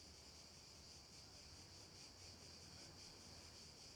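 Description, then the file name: Cicadas keeping up an unbroken high-pitched whirring, softly throbbing several times a second, with faint low background noise. Cicadas at night. "Ambience Cicadas Night"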